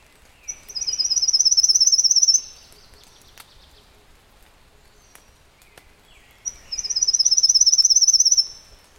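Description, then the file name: Pale-legged leaf warbler giving two high, buzzy, rapidly pulsed trills about six seconds apart, with scattered faint clicks and chirps in the background. "warbler-pale-legged-leaf Phylloscopus-tenellipes"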